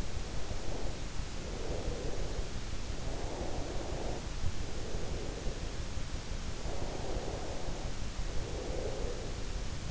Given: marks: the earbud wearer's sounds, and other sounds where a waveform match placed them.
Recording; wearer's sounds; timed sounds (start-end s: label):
sounds in sleep by an in-ear microphone; breath
0.38-3.02 s: breath
3.12-6.39 s: breath
6.61-9.91 s: breath